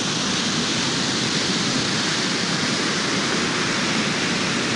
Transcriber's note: none